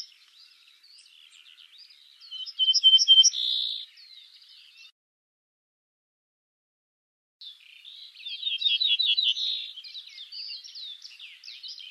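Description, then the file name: Ortolan bunting singing a short phrase of repeated sliding notes closing on a held tone, then a break of a few seconds before a second phrase. "Bruant ortolan"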